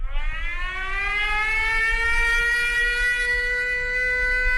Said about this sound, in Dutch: Attention, air raid alert.